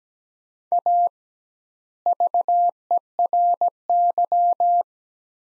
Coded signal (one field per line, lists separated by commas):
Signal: Morse code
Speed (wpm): 17 wpm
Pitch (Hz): 700 Hz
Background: none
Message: A VERY